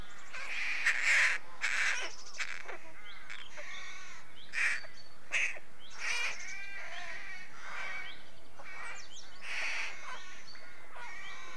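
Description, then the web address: Rooks calling together, a steady chorus of short harsh caws and creaky notes with several louder calls scattered through. Rookery colony. "The BBC Sound Effects Library - Complete 60 CDs Collection Sound Effects Library (British Birds) Rookery"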